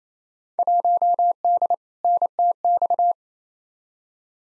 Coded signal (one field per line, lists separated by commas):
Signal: Morse code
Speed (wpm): 27 wpm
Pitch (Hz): 700 Hz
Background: none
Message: 1D NTX